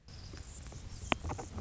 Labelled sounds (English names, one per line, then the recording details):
Anna's Hummingbird
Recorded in Sonoma County, California